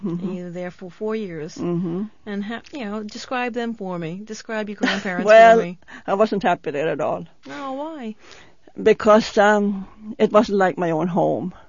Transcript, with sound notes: And you were there for four years...
Uh-hum.
And you know, describe them for me, describe your grandparents for me.
(she laughs) Well, I wasn't happy there at all.
O h, why?
Because, um, it wasn't like my own home.